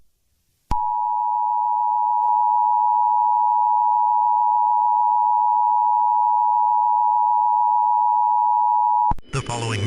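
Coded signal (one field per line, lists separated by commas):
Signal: Emergency Alert System (SAME) tones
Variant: 853 and 960 Hz attention tone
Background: speech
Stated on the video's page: Fictional EAS scenario about a Caillou-created virus pandemic, including an EAN alert; simulated.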